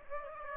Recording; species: mosquito wingbeat signal from an infrared sensor; Aedes aegypti